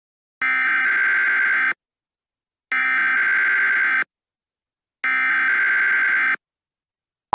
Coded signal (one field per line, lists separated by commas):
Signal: Emergency Alert System (SAME) tones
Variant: header bursts